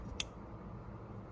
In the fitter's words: You hear that click? It's on there, it's locked, it's not coming out.